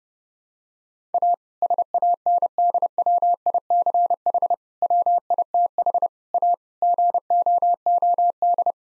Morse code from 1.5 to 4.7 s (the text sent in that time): SANDWICH